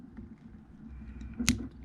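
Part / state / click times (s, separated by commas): plastic cable gland cap on MC4 connector body / torque reached / 1.5 s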